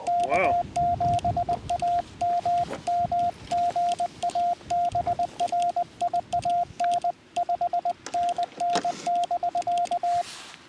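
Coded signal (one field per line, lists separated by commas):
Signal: Morse code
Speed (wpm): 18 wpm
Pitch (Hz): 690 Hz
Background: speech, radio noise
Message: K7AMM GA BRIAN 5NN <BK>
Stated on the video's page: Summit activation from a mountain in a national forest, mostly on VHF.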